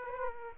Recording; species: mosquito wingbeat signal from an infrared sensor; Aedes aegypti